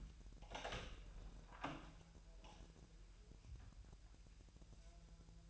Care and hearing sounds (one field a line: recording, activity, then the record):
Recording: daily activity, microphone in the room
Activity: open door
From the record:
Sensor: 2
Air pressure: 1001.2 hPa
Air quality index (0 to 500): 248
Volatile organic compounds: 86 ppm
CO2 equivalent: 3658 ppm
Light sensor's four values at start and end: 9/23/9/9 and 9/21/8/8